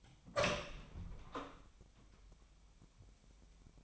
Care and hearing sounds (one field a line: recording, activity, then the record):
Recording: daily activity, microphone in the room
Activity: open door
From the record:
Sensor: 1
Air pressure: 1007.2 hPa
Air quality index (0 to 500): 201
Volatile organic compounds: 21 ppm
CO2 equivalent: 2715 ppm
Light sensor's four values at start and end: 13/32/13/14 and 13/34/13/15